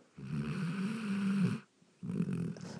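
Two loud, low, rumbling snores from a sleeping young adult dog, the first lasting about one and a half seconds, then a short silent pause before the next begins. The sound is coarse and buzzy with a steady vibrating quality. She snores like this often, and the snoring may be waking her and leaving her tired all the time.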